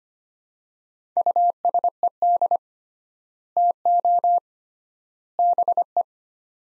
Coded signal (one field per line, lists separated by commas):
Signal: Morse code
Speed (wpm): 25 wpm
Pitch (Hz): 700 Hz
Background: none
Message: USED TO BE